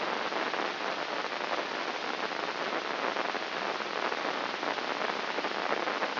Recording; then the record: brain microelectrode recording played as sound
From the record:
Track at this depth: outside the subthalamic nucleus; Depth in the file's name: 7.029 mm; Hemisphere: left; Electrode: 3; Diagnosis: Parkinson's disease